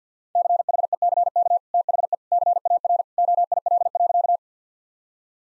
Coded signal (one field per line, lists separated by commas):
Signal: Morse code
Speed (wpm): 50 wpm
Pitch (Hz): 700 Hz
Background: none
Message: CHECK THE CAR OIL.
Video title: Easy Sentences with Hints - 50wpm